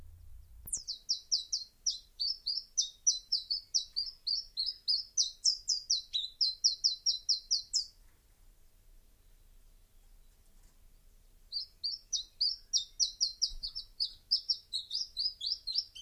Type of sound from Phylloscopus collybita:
song